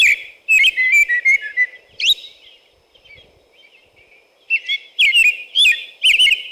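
American robin caroling: short whistled phrases, rising and falling, in a burst, then a quiet gap, then another lively run of phrases.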